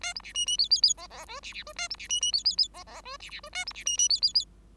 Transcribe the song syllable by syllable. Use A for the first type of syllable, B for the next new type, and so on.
A B C D D E E E F F G C C G A B C D D E E E F F G C C G A B C D D E E E